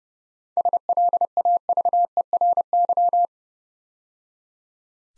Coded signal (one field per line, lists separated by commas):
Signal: Morse code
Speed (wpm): 30 wpm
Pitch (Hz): 700 Hz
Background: none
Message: SLAVERY